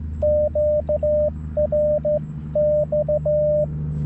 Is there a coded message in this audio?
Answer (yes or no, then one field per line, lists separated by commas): yes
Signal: Morse code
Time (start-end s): 0.2-3.6 s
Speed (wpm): 18 wpm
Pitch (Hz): 590 Hz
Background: radio noise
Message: QRX